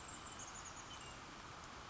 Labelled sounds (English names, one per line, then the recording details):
Chestnut-backed Chickadee
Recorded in Sonoma County, California